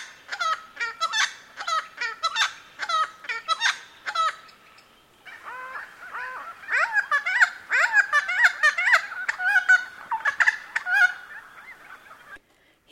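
Noisy friarbird delivering bursts of raucous, clanking notes in quick groups, pausing briefly, then resuming with a denser, rambling stream of nasal cackles.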